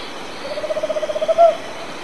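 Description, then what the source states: Tropical Screech-Owl song, a steady bubbling series of short hoots finishing with a single emphatic longer note, with soft steady background noise. Argentina.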